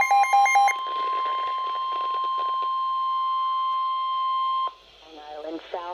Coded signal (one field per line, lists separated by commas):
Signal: Emergency Alert System (SAME) tones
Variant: 1050 Hz attention tone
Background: speech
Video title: EAS #357 - River Flood Warning 5-16-2014